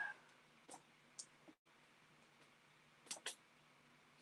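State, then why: Seated. A plastic piece cut from the parts tree of an SMT10 RC crawler builder's kit is pressed into the bottom of a shock body. After a few faint handling sounds, two sharp plastic clicks land at 3.1 s and 3.3 s as the piece snaps into place. The part ends up seated.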